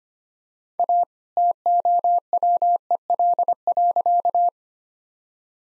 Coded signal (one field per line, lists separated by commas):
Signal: Morse code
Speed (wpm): 25 wpm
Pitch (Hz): 700 Hz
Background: none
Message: A TOWEL.